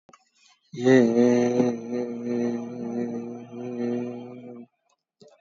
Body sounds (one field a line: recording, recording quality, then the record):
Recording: sustained vowel as in made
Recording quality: excellent, no background noise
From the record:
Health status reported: exposed to COVID-19, no respiratory illness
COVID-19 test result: negative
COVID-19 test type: RT-PCR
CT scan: taken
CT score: 2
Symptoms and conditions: cough, cold, diabetes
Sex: male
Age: 46 years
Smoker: no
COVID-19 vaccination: one dose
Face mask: worn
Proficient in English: yes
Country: India